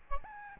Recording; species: mosquito wingbeat signal from an infrared sensor; Aedes albopictus